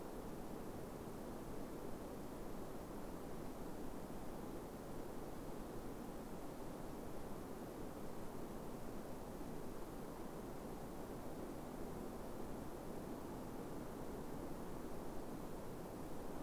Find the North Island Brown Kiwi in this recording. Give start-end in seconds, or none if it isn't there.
none